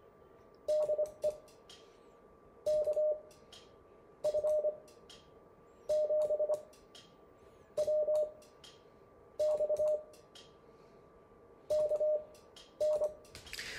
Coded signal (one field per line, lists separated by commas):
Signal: Morse code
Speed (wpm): 25 wpm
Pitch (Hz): 610 Hz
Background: none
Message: DE KF7WX KN